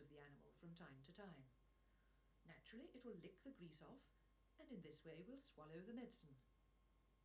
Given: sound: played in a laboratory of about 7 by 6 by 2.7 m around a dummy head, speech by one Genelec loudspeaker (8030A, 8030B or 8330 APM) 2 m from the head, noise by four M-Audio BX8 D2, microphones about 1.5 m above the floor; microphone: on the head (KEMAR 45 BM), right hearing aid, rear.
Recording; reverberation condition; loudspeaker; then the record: female speech in English; low; behind (180 degrees)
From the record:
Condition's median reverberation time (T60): about 310 ms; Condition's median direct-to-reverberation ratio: about 3.5 dB